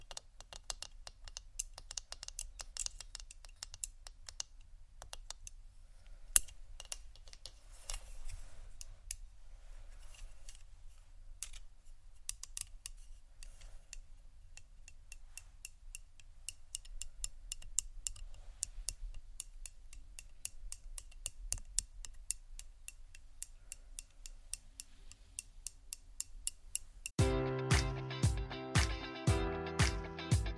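Plastic and glass tapping and rattling in quick, irregular clicks over a low rumble, ending after about 27 seconds in louder, denser rhythmic clatter.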